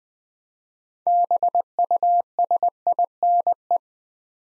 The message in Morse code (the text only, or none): BUSINE